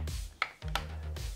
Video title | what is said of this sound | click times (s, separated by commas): Fans Hobby God Armour Review - 3P MP Godbomber - The Nerd Crate Too | this flap gives me a hard time this is supposed to stay below here you heard it click | 0.4 s, 0.8 s